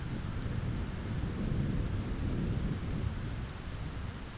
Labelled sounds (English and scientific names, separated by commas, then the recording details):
none
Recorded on Arctic tundra, site ZACK-1, on 9 June 2019
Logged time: 17:49